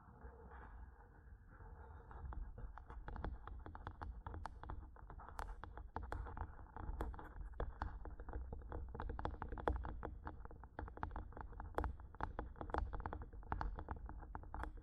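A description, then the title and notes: Fingers tap and scratch on a microphone in a dense, irregular stream of small clicks and scrapes that begins after about two seconds and continues to the end. A low, heavy rumble runs underneath throughout, and the sharp tapping bursts reach high and bright. ASMR Mic Tapping and Scratching (No Talking).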